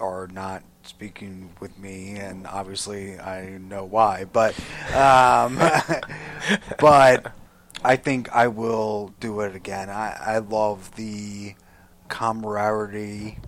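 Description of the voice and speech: A man speaks in short phrases broken by long pauses, a repeated "but," and a drawn-out "um" before he finds his words again. The halting, word-finding hesitations show post-stroke aphasia, a language disorder that disrupts retrieving and forming words.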